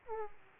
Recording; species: mosquito wingbeat signal from an infrared sensor; Aedes aegypti